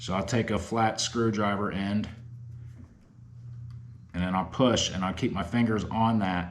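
Someone talks while lining up a metal handle nut retaining clip on the reel handle stud of an Abu Garcia 6500cs baitcasting reel with the end of a flat screwdriver, ready to push it on. There is a quieter pause in the middle with only a faint tick, and the clip has not clicked or seated yet.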